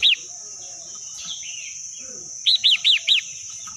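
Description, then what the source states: Red-whiskered bulbul singing one bright arched note, then after a pause four quick, ringing, rounded notes, all over a constant high-pitched whine. Wild bird; Vietnamese song style called "giọng rừng" (forest voice).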